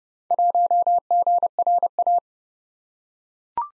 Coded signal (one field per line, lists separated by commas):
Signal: Morse code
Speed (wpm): 30 wpm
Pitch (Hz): 700 Hz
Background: none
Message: 1GRA